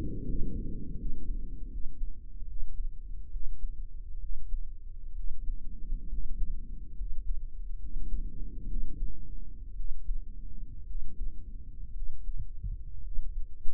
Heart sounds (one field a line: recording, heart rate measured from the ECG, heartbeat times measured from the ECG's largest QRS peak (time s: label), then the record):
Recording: heart sounds by microphone in the right ear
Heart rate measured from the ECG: 66 bpm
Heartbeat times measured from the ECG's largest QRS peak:
0.25 s: heartbeat
0.96 s: heartbeat
1.69 s: heartbeat
2.45 s: heartbeat
3.29 s: heartbeat
4.18 s: heartbeat
5.13 s: heartbeat
6.06 s: heartbeat
6.94 s: heartbeat
7.77 s: heartbeat
8.65 s: heartbeat
9.74 s: heartbeat
10.84 s: heartbeat
11.92 s: heartbeat
13.01 s: heartbeat
From the record:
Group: healthy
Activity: rest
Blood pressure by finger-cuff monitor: 138/81 mmHg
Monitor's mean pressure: 100 mmHg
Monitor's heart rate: 69 bpm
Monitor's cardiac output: 7.1 L/min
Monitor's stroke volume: 102 mL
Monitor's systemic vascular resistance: 1090 dyn s/cm5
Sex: male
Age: 23 years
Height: 178 cm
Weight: 96.6 kg